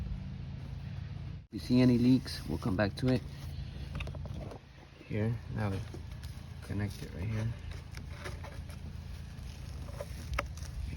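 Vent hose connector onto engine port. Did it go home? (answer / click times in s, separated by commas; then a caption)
yes / 10.4 s. Someone talks while connecting the other end of a plastic vent hose on a BMW N55 engine, pushing its connector onto the engine port fitting. Light handling noises come first, then a sharp click at 10.4 s as the connector seats.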